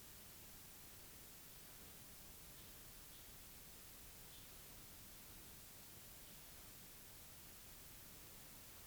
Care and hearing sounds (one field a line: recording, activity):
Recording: daily activity, guitar pickup as the sensor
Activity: sit